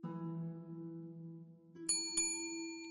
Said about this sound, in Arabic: بعد مغادرة الطبيب قرع بوارو الجرس طالبا خادمه جورج